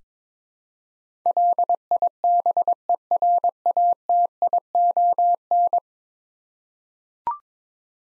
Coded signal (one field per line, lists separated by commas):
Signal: Morse code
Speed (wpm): 22 wpm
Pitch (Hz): 700 Hz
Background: none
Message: LIBERATION